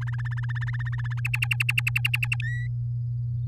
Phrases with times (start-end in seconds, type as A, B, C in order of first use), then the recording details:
0.01-1.20 A, 1.25-2.36 B, 2.42-2.67 C. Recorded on 9 May 2018 at 09:13. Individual llb16